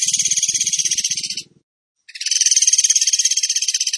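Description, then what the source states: Bird song: a high, buzzy rapid-fire trill of fast repeated notes, broken by a short pause before a second long burst. Song in the 'tembakan gacor' style, used to train other birds.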